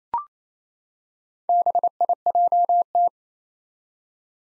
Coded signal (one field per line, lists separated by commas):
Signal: Morse code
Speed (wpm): 29 wpm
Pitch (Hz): 700 Hz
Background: none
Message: BIJT